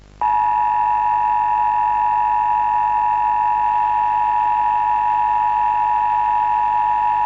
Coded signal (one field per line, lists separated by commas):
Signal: Emergency Alert System (SAME) tones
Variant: 853 and 960 Hz attention tone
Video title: The emergency alert system VHS (poppy playtime chapter 3)